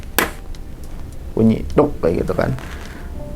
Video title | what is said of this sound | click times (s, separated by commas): SERVICE MACBOOK PAKE BERAS ⁉️ 😱 - Penanganan awal MacBook water damage | itu udah kita tahan tarik bunyi | 0.2 s